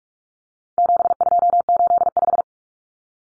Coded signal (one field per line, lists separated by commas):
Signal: Morse code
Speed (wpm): 44 wpm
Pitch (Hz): 700 Hz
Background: none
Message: 7285